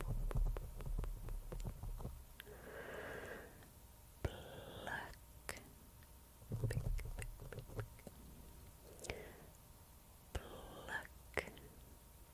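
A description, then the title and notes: Mouth sounds and hand movements: soft wet clicks and smacks, brushing and rustling, with sharp plucking ticks scattered throughout. Brief breathy, hissing passages come in around the third, fifth, seventh and eleventh seconds over a low, throbbing rumble and faint steady hum. MOUTH SOUNDS, HAND MOVEMENTS, AND PLUCKING.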